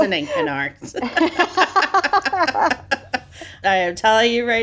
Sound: laughs